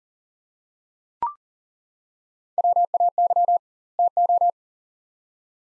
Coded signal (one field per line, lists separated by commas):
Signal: Morse code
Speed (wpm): 40 wpm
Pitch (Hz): 700 Hz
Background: none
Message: WAY TO